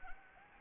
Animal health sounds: mosquito wingbeat signal from an infrared sensor; Anopheles arabiensis

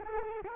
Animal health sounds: mosquito wingbeat signal from an infrared sensor; Culex quinquefasciatus

